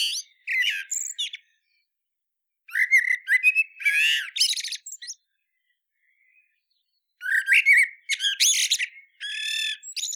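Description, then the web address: Common blackbird singing three phrases, each a short mellow warble followed by a squeaky high twitter, with pauses of over a second between them; no other sounds. "SETE data Turdus merula"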